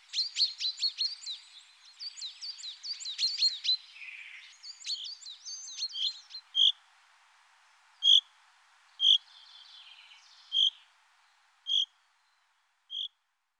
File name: Pinson des arbres